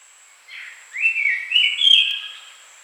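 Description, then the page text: White-chested babbler song: a short run of whistled phrases stepping between high pitches, lasting about two seconds, over a steady faint high hiss. "White-Chested Babbler Song. Quick Sounds"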